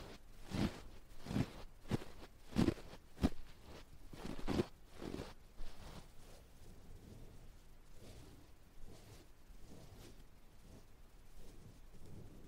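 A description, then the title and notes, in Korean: Ear touching and brushing, with soft thumping strokes about twice a second for the first five seconds, each a muffled low bump with a brushy hiss. After that the touches turn lighter and sparser, becoming a faint scratchy rustle that continues to the end. No talking 말없이 귀에 먼지 털어내기 ear touching sound.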